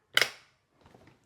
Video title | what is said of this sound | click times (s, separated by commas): Flow Basics Explained in 8 minutes | You should hear two clicks. Simple. | 0.2 s, 0.9 s